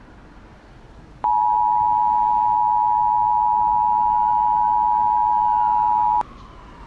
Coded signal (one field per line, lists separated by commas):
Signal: Emergency Alert System (SAME) tones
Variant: 853 and 960 Hz attention tone